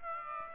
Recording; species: mosquito wingbeat signal from an infrared sensor; Aedes aegypti